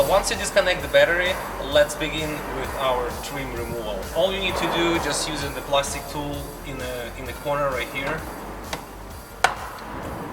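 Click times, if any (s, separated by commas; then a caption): 8.7 s, 9.4 s. A plastic pry tool is worked into the corner of an interior trim panel on an Audi after the battery is disconnected, while someone talks over background music. The plastic retaining clips pop loose with sharp clicks at 8.7 s and 9.4 s, releasing the panel.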